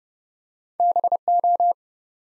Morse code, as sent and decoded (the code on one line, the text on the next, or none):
-... ---
BO